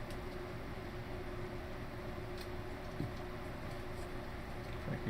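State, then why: Not seated. A small plastic Lego minifigure accessory, a gun or binoculars, is worked into its holder spot on the Lego Star Wars Mos Eisley Cantina (75290) build. Only a steady low background hum and faint handling sounds are heard, with no distinct hits. The piece has not snapped into place yet.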